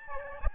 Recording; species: mosquito wingbeat signal from an infrared sensor; Aedes albopictus